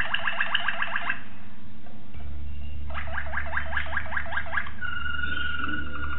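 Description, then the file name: Waterslager canary song: a quick series of rising notes, a pause, another run of rising notes, then a sustained whistled trill, over low humming noise. Song variations. "variasi suara kenari waterslager"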